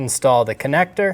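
Someone talks while a wiring harness connector is handled at the back of a new power window switch for a 2012–2022 Volkswagen Passat. The connector has not snapped into the switch yet; nothing has seated or clicked.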